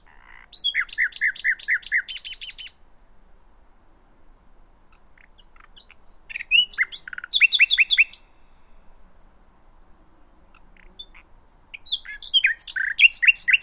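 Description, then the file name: Common nightingale song in three bursts of rapid repeated notes and varied chirps, separated by pauses of a few seconds. "Luscinia megarhynchos"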